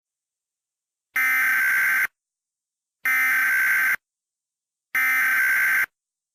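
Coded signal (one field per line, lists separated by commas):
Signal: Emergency Alert System (SAME) tones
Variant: header bursts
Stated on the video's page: Fictional EAS scenario using valid SAME tones; simulated, not a real broadcast.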